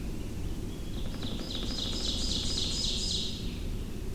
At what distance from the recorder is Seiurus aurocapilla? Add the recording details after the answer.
about 35 m. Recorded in boreal forest in Alberta, Canada, on 25 June 2016 at 07:16. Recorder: SongMeter 3, array SBT-6-76. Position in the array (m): 15 m, 116 m. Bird 2